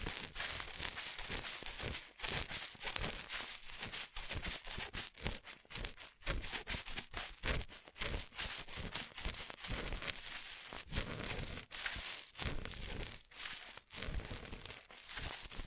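Ear massage sounds: dense, continuous rubbing and scratching that fills the whole 16 seconds with bright, hissy friction. Brief dips between strokes recur every second or so, giving a loose, uneven rhythm, with faint crinkling textures mixed into the rubbing.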